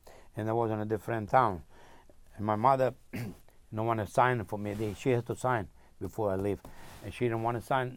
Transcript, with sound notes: And I was in a different town. My mother, (clears throat) no one signed for me, she has to sign before I leave, and she didn't want to sign.